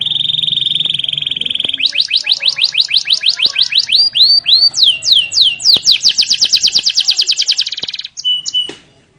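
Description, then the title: Canary song starts with a steady buzzy tone, then switches to quick falling sweeps, looping notes and dense trills, ending in a few short calls. Canary song used as a lure to get lazy, quiet canaries singing energetically. "mster Mnuk. PANCINGAN KENARI MALES BUNYI JADI GACOR"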